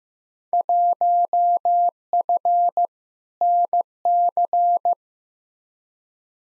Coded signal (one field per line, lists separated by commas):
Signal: Morse code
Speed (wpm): 15 wpm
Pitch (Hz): 700 Hz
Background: none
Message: 1F NC